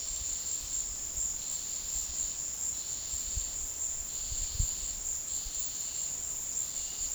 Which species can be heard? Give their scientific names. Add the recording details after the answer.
none. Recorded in secondary vegetation near Puerto Asís, Putumayo, Colombia, on 18 February 2024 at 15:30. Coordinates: 0.468, -76.324. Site G6381